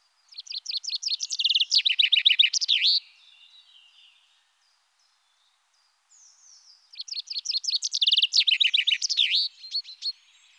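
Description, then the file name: Common chaffinch sings two rattling, descending phrases each closing with a flourish, about four seconds apart. "Pinson des arbres"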